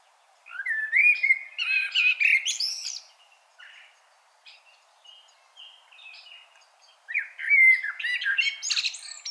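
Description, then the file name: Common blackbird song: a full phrase of fluty warbling ending in high, scratchy notes, a stretch of quieter soft notes, then another loud warbled phrase. "Turdus merula"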